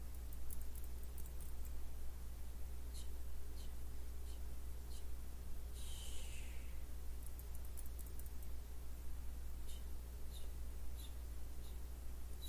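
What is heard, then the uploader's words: Soft clicks and small wet mouth sounds scatter over a steady low hum, with a brighter rustling swipe near six seconds. ASMR PLUCKING NEGATIVE ENERGY WITH OBJECTS, ASMR CLEANING ENERGY, ASMR HAND MOVEMENTS MOUTH SOUNDS.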